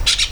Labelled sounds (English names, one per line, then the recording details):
Brown-throated Parakeet contact call
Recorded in Venezuela
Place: PN Cerro Saroche, Tierras del Sr. Polo, Edo. Lara
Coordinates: 10.171, -69.518